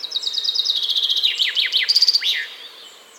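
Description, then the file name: Common chaffinch singing one full phrase, a rapid run of sharp notes dropping through stepped trills and closing with a short emphatic flourish. "Fringilla coelebs"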